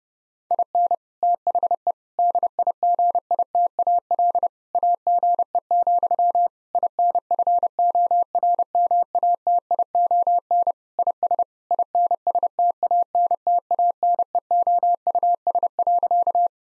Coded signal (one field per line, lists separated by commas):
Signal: Morse code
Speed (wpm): 30 wpm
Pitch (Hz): 700 Hz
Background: none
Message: IN THE DIGITAL AGE, INFORMATION IS INSTANTANEOUS.